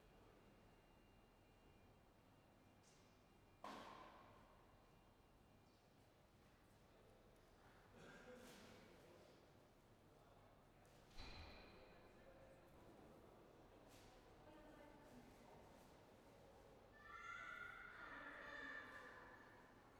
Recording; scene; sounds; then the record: everyday scene through a hearing-aid microphone; reverberant space; background noise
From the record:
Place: railway station hall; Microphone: behind the ear, right, front